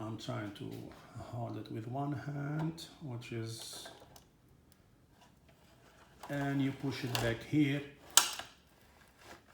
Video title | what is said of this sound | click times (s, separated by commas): TUSY sliding out drawer | heard that when you hear that click boom that means it's locked once | 8.2 s